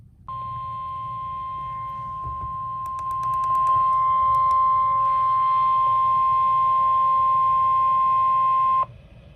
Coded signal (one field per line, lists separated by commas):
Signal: Emergency Alert System (SAME) tones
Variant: 1050 Hz attention tone